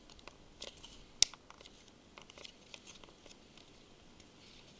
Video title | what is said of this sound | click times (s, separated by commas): Galaxy Note 2 Disassembly & Assembly Screen and Case Replacement Drop Test Repair | you're happy that that's all clipped down | 1.2 s